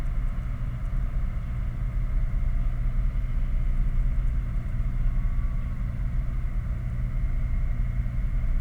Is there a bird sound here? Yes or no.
no